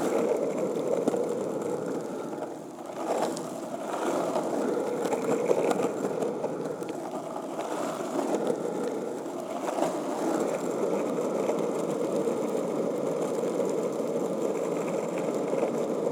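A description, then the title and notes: Skateboard wheels roll continuously, a steady low rumbling drone that holds an even level for the whole stretch. Brief rougher bursts and clacks stand out around three, eight and ten seconds, with a small dip near two and a half seconds. I grabbed my board and started skating.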